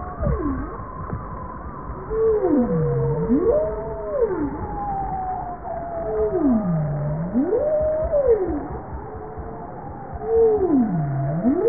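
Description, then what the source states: Bowhead whale calls: deep U-shaped moans that sweep down, then back up, repeated about every four seconds over a steady underwater hiss and a faint higher tone. Recorded 19 April 1988 at 02:03.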